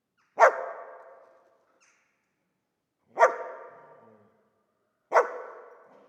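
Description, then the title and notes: Dog giving three single sharp barks two to three seconds apart, each loud at onset and fading gradually. Old dog stuck in the pool/basin of the dilapidated Palais El Glaoui courtyard, Fès, Morocco; full sun, circling, rearing on hind legs, barking at visitors; recorded with Zoom F3 and ORTF microphone. "Fès, Fès-Meknès, Maroc - le chien du palais El Glaoui. Dans la cour du palais (en décrépitude avancée), un vieux chien est "prisonnier" dans le bassin/piscine. Il se dresse sur ses pattes arrières pour entrevoir quelques secondes ce qui se passe dans la cour et "invective" les visiteurs de ses aboiements. JF CAVRO"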